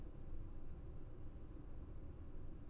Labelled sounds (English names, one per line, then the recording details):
none
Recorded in Germany
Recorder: ecoPi